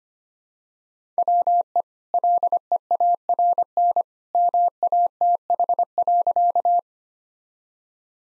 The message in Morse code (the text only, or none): WE LEARN MATH.